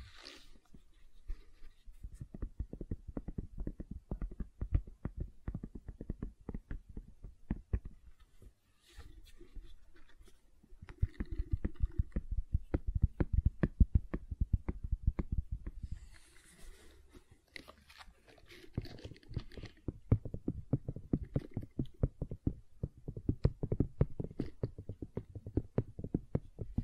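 Gentle silicone sounds made of quick soft taps and squishes, dense and fairly regular, mostly low and muffled. The activity pauses briefly near 9 and 16 seconds, with a brief hissy brushing just after 16 seconds before the tapping resumes.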